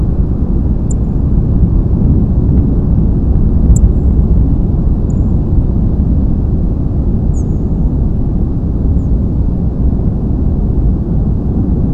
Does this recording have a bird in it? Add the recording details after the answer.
yes. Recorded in France